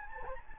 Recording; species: mosquito wingbeat signal from an infrared sensor; Anopheles gambiae